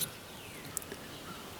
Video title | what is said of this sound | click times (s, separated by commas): How to change windshield Wiper Blades | There's a little spring clip that's going to snap in place. | 0.8 s